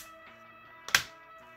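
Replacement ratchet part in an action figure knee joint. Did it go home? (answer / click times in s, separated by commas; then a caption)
yes / 1.0 s. A newly installed replacement ratchet from a knee ratchet replacement kit, in the plastic knee joint of an MMC Ocular Max Unlimited U01 Stellarus Prominon action figure, is bent during a test. Over steady background music, a faint tick at 0.9 s leads into a sharp, bright click at 0.95 s. The joint clicks into place and now locks tight.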